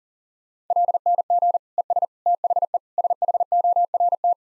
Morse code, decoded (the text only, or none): LNG ES THE SHORT